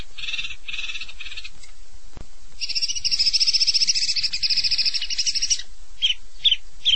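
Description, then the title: Long-tailed shrike song: short buzzy bursts, a pause, then a long rapid rattling trill, ending with three separate sharp notes. "Kicau Burung Pentet"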